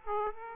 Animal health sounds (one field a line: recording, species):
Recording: mosquito wingbeat signal from an infrared sensor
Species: Aedes aegypti